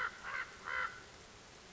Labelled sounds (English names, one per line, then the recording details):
American Crow
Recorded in Sonoma County, California